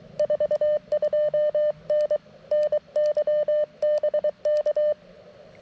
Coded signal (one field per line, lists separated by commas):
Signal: Morse code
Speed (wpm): 23 wpm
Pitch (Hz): 600 Hz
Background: none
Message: 42N NY BK